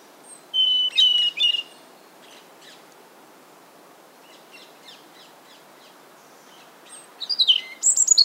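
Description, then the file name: European robin: songbird phrases of high whistles and rapid ticking notes, quiet passages between, ending with loud high trilled notes. "Erithacus rubecula"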